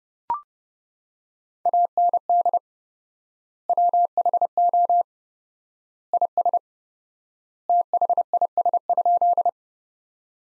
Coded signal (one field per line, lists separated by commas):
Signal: Morse code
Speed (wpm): 32 wpm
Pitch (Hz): 700 Hz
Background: none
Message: AND WHO IS THIS?